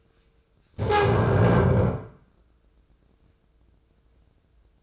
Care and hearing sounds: daily activity, microphone in the room; stand up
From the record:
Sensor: 2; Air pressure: 995.8 hPa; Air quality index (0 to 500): 240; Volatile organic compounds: 1000 ppm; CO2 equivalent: 5920 ppm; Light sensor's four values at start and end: 28/68/30/33 and 25/60/26/29

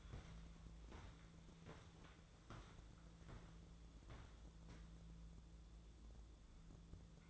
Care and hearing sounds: daily activity, microphone in the room; walk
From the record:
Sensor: 3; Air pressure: 1005.4 hPa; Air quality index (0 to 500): 95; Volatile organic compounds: 3 ppm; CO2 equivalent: 1486 ppm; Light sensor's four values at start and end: 10/24/10/9 and 10/23/9/9

